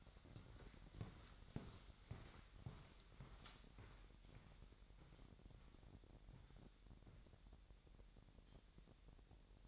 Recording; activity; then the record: daily activity, microphone in the room; walk to room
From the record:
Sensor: 3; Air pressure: 1012.2 hPa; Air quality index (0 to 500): 141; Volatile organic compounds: 2 ppm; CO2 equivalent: 1084 ppm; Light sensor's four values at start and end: 135/326/134/125 and 143/343/142/132